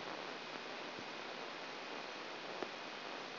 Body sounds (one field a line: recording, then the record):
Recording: brain microelectrode recording played as sound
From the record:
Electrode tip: inside the subthalamic nucleus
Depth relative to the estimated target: 1 mm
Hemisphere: left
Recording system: AlphaMap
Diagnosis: Parkinson's disease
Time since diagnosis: 9 years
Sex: male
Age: 66 years